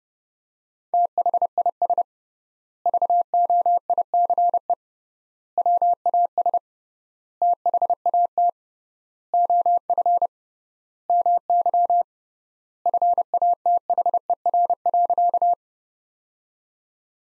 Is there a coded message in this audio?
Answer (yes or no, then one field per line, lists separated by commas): yes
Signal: Morse code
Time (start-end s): 0.9-15.5 s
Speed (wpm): 30 wpm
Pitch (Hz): 700 Hz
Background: none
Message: THIS VOICE WAS THAT OF MY FATHER.